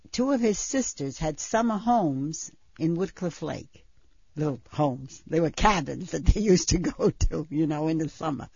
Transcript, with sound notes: two of his sisters had summer homes in Woodcliff Lake. Homes?! They were cabins (she laughs) that they used to go to. You know, in the summer.